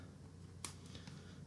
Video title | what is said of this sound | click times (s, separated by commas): Bose QC15 Headband and Ear Pad Replacement. Closest to factory look. | you'll hear it snap | 0.7 s